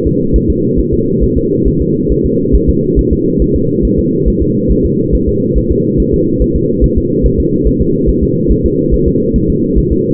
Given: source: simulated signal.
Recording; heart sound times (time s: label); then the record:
fetal heart sounds
0.07 s: S2
0.36 s: S1
0.50 s: S2
0.80 s: S1
0.94 s: S2
1.23 s: S1
1.38 s: S2
1.68 s: S1
1.82 s: S2
2.12 s: S1
2.26 s: S2
2.55 s: S1
2.69 s: S2
2.99 s: S1
3.13 s: S2
3.42 s: S1
3.56 s: S2
3.85 s: S1
3.99 s: S2
4.28 s: S1
4.42 s: S2
4.71 s: S1
4.85 s: S2
5.15 s: S1
5.29 s: S2
5.57 s: S1
5.72 s: S2
6.00 s: S1
6.14 s: S2
6.42 s: S1
6.56 s: S2
6.84 s: S1
6.98 s: S2
7.26 s: S1
7.40 s: S2
7.67 s: S1
7.81 s: S2
8.09 s: S1
8.23 s: S2
8.51 s: S1
8.65 s: S2
8.94 s: S1
9.08 s: S2
9.36 s: S1
9.50 s: S2
9.78 s: S1
9.92 s: S2
From the record:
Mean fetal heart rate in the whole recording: 140 bpm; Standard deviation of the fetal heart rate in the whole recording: 2 bpm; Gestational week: 34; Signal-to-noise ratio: -11.2 dB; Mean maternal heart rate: 72 bpm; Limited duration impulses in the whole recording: present